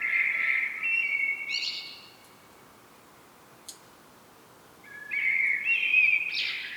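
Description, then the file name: Common blackbird song: a low fluted warbling phrase followed by a thin, high twitter, a silent pause, then a second fluty phrase ending in squeaky notes. "Turdus merula"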